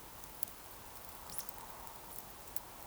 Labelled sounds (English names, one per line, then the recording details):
Eurasian Woodcock whistle
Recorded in Baden-Württemberg, Germany, on 28 June 2020 at 02:31 UTC
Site 43791, 788 m above sea level